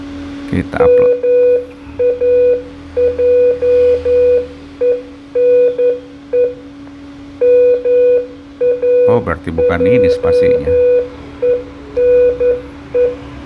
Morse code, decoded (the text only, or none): MAJENE MAJENE